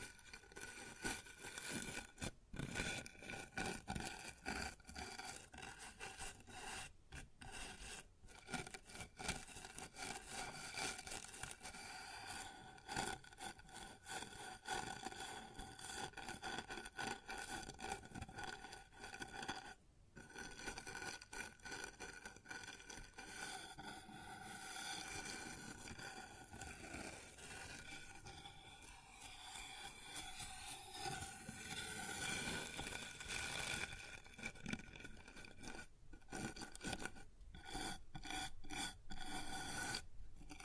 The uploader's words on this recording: ASMR Sounds on Wooden Surface (No Talking).